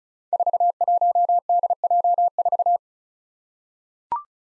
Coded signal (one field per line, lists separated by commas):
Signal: Morse code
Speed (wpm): 35 wpm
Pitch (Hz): 700 Hz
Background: none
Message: 41DJ4